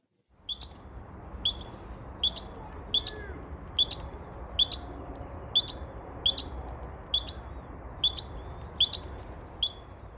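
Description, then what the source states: California ground squirrel giving sharp, high chirps repeated steadily about every 0.8 seconds, around a dozen in all, over faint background hiss. Hidden under a bush in a park, calling at people as predators; likely a warning with young probably down in the burrow.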